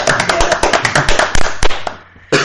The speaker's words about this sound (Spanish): Un aplauso